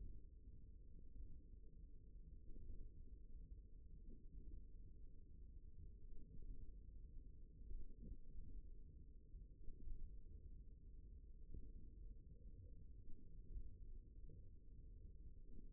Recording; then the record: forearm muscle sounds (acoustic myography)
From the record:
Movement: hook grip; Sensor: system 1, eight BSWA MPA416 microphones around the upper forearm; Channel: 4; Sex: male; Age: 54 years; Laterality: right